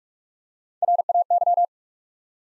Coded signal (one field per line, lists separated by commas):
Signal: Morse code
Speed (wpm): 44 wpm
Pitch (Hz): 700 Hz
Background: none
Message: RAY